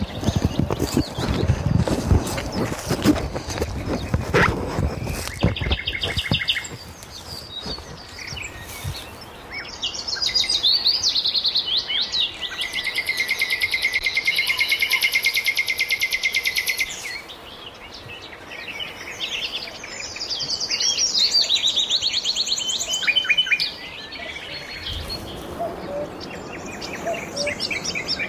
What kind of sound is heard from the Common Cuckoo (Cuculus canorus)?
call